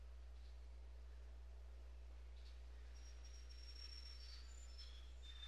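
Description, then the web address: Bird calls, a few thin, high whistled notes arriving in the second half, some slightly falling, above a persistent low hum. "Звуки природы - птицы"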